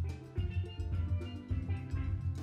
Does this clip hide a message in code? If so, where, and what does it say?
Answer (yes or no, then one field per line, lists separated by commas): no